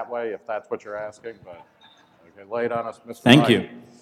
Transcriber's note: laughter